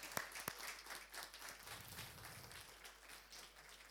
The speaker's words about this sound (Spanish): Así que elijan a cualquiera y después se sienta. Le damos un aplauso a 3 jóvenes valientes.